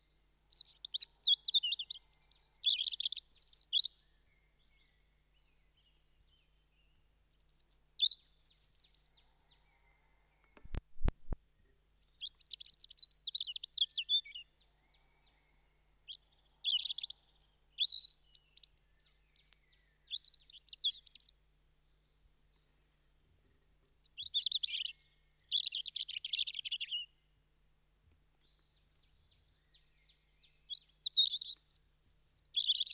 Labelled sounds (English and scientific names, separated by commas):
European Robin (Erithacus rubecula) song